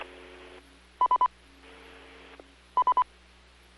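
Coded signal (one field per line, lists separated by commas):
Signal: none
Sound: repeater courtesy beeps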